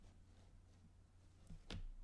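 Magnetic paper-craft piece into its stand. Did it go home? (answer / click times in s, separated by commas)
yes / 1.7 s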